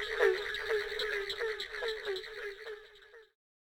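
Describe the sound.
Barking treefrog giving several hollow barking notes about every half second, fading out near the end.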